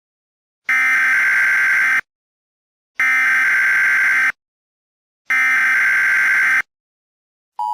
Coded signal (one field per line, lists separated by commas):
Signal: Emergency Alert System (SAME) tones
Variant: header bursts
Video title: Emergency Alert System: A Broadcasted Cry